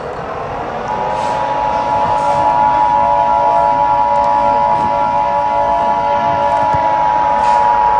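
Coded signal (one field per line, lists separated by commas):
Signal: Emergency Alert System (SAME) tones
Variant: 853 and 960 Hz attention tone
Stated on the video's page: Simulated EAS scenario.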